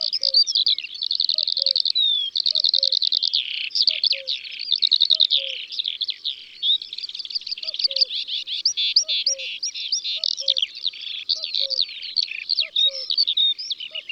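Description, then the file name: Eurasian skylark song, a long unbroken stream of fast high trills and chattering notes, with a soft low double note repeating about once a second beneath. In the countryside. "Alouette des champs Chants d'oiseaux dans la campagne"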